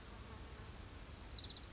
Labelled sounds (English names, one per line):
Orange-crowned Warbler